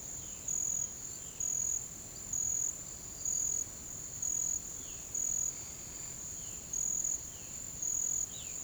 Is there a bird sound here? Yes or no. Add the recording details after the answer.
yes. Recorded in pastures near Puerto Asís, Putumayo, Colombia, on 8 March 2025 at 08:30. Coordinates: 0.486, -76.323. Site G075